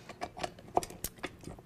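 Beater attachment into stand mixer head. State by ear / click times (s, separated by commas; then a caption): seated / 0.8 s, 1.0 s. A flat beater attachment is pushed onto a stand mixer's drive shaft and twisted until it locks. A series of short metallic clicks is heard, with the strongest at 0.8 s and 1.0 s. The beater is seated and locked into place.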